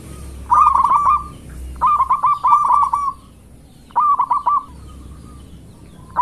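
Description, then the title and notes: Zebra dove song: bursts of rapid, staccato cooing notes on one pitch, each phrase lasting about a second, with short pauses between and faint higher clicks. Lure call of a zebra dove singing actively. "Pancingan Perkutut. Suara Burung Perkutut Gacor"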